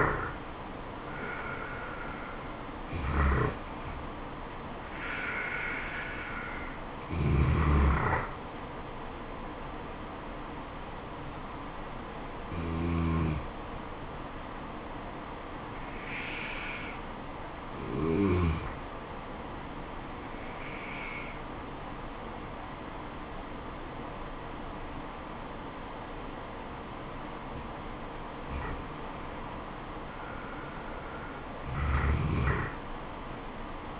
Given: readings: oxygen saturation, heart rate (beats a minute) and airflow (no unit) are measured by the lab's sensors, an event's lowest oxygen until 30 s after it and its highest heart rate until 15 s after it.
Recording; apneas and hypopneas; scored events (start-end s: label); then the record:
breathing in sleep by a voice recorder at the bedside; none
none scored
From the record:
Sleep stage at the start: N2 (light sleep); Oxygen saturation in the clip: 82 to 96%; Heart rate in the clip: 70 to 84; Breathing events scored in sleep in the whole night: 426 in 7.4 hours asleep